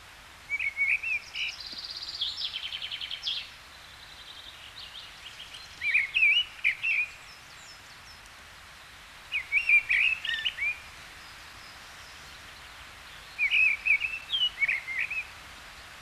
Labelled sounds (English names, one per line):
Mistle Thrush song